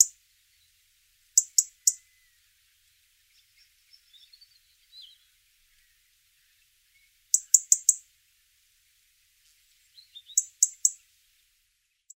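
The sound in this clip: Robin calling with high, sharp clicking notes in clusters of three, separated by long pauses, with a few soft, thin chirps in the quiet stretch.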